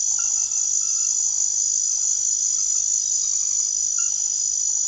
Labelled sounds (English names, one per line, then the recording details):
none
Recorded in secondary vegetation near Puerto Asís, Putumayo, Colombia, on 9 March 2025 at 23:30
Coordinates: 0.489, -76.322
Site G042